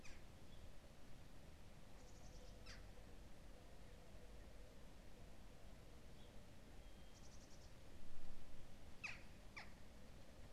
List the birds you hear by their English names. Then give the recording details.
Eurasian Jackdaw, Eurasian Blue Tit, House Sparrow. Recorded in France